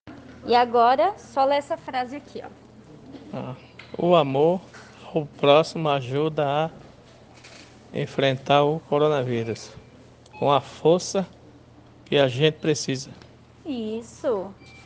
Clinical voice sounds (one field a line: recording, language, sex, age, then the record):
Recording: spoken sentence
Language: Brazilian Portuguese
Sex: male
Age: 60 to 69 years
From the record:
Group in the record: respiratory insufficiency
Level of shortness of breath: 5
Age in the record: 62 years